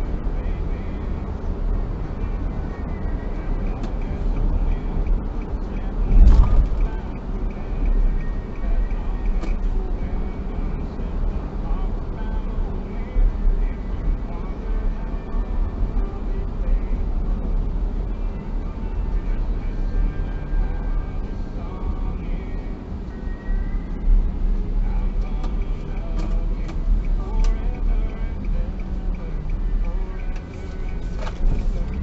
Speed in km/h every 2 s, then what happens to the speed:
80, 80, 78, 76, 75, 73, 71, 69, 67, 62, 55, 47, 41, 35, 27, 21.
0-29 slows to 21.